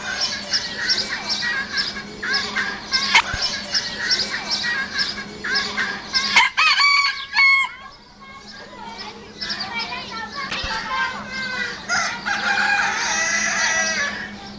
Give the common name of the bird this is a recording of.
Red Junglefowl